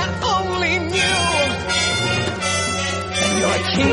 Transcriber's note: horns